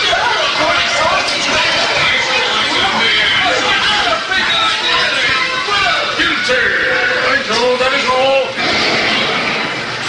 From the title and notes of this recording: A trip to Disneyland circa 1985. Joe made these recordings in 1985: Disneyland's 30th Anniversary...